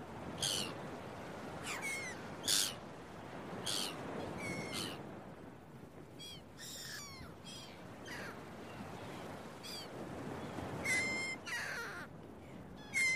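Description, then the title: Gulls calling often, harsh overlapping cries and a few thinner squeals, with the soft roar of surf underneath throughout. Recorded early in the morning at a beach, with waves breaking. "Early Morning Seagulls and Beach Waves"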